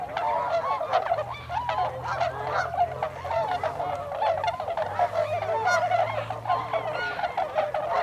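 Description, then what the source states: Tundra swan flock giving busy overlapping honks and yelps, while a low droning hum runs beneath most. Recorded 26 December 2020.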